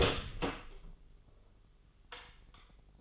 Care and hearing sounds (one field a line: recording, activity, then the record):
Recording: daily activity, microphone in the room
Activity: open door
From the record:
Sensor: 4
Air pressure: 996.9 hPa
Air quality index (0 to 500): 45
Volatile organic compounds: 1 ppm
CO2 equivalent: 721 ppm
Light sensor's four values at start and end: 19/45/18/19 and 18/41/17/17